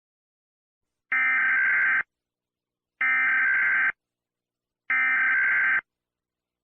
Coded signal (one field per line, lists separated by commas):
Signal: Emergency Alert System (SAME) tones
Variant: header bursts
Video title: EAS Scenario Santi Republic @Unsub_to_me_if_you_are_gay dara el mensaje y suceso o @BlaxStraw o la hora y el dia